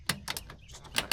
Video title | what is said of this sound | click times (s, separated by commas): Track Rabbit Day One | I like using a screwdriver sometimes. Just pop them. | 0.1 s, 1.0 s, 1.1 s